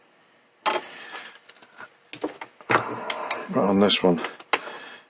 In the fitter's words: it's fairly firmly snapped into place that